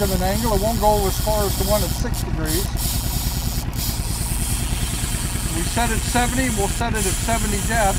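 Fishing line is handled in the release clip of a slide diver fishing planer on a boat as it is set to run at 70 depth, over a steady engine hum and hiss while someone talks. The line release has not yet snapped shut, so nothing has locked into place yet.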